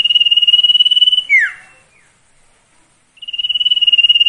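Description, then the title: Sirtu song: a pulsed high trill breaks into a falling sweep, a short gap follows, then the trill starts up again. Masteran recording made for training cage birds, presenting the full variety of the song. "Masteran Sirtu Full Variasi"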